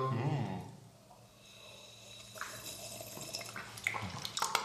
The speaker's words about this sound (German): Ja. Ich kipp jetzt noch ein bisschen Sprudelwasser nach.